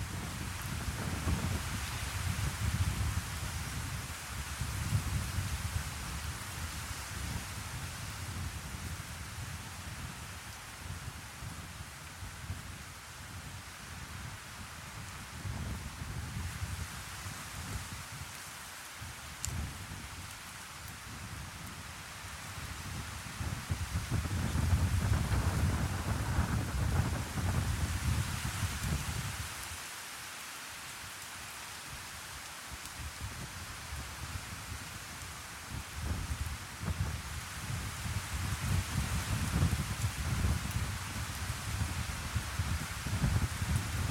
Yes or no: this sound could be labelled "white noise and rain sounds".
yes